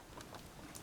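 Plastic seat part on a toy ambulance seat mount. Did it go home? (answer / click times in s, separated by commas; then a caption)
yes / 0.2 s, 0.8 s. Both sides of a plastic part of the paramedic seat in a 2018 Playmobil City Life set #70049 Ambulance with Flashing Lights are pressed onto their mounts, so the paramedic stays seated while the ambulance moves. Two faint clicks, one for each side, are heard at 0.2 s and 0.8 s over a soft background hiss. The seat part snaps into place.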